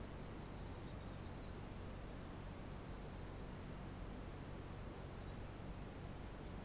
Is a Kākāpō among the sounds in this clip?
no